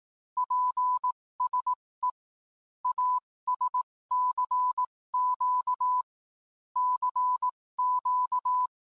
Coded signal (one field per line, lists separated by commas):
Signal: Morse code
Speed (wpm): 18 wpm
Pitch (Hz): 1000 Hz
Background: none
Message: PSE AS CQ CQ